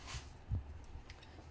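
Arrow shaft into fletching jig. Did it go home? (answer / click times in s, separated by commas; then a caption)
yes / 1.1 s. While fletching a turkey arrow, the arrow shaft is set down into a fletching jig so it sits in its indexed position. A soft rustle and a dull low thump come first, then a short, sharp click at 1.1 s as the shaft clicks into place and seats all the way down.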